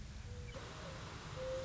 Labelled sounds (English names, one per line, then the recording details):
Mourning Dove
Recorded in Sonoma County, California